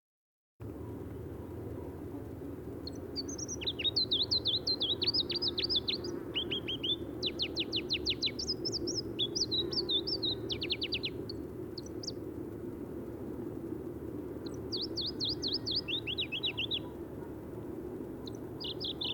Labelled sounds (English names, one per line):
Pallas's Leaf Warbler song